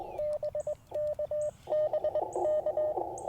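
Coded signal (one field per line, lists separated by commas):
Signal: Morse code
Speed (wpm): 20 wpm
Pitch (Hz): 600 Hz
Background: radio noise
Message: BK BK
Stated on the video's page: QRP CW Parks on the Air activation from an Icom IC-705 with a magnetic loop antenna and paddles.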